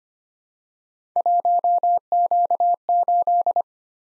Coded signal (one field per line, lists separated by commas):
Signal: Morse code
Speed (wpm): 25 wpm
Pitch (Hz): 700 Hz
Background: none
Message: 1Q8